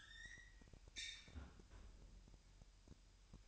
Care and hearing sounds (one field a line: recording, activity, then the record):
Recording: daily activity, microphone in the room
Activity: close fridge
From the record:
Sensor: 2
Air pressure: 1001.8 hPa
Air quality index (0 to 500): 248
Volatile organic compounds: 38 ppm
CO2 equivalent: 3110 ppm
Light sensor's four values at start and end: 8/28/11/10 and 8/28/11/10